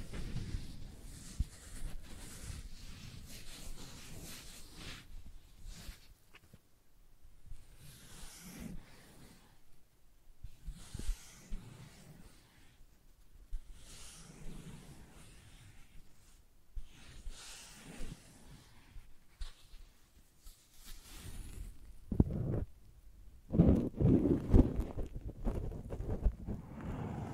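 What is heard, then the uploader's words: Sensitive tracing sounds: soft, uneven brushing and rubbing strokes in repeated swells every few seconds, growing louder and rougher near the end. ASMR Sensitive Tracing (No Talking).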